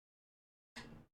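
A plastic lever handle for a 2020 Secretlab Omega office chair is pushed onto the chair mechanism's adjustment rod, with its grooves lined up to the notches. After about 0.7 seconds of silence, a short broadband scraping and rubbing sound runs until roughly 1.1 seconds as the handle slips onto the rod. The handle is still being handled and nothing has seated or clicked yet.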